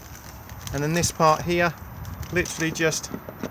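The end connector of a Whale collapsible filler hose, fitted with a standard hose lock attachment, is handled at the fresh-water inlet of a 2020 Auto-Sleeper Nuevo EK motorhome while someone talks, with a brief sharp sound near 0.5 s. The connector has not seated or clicked into the inlet yet.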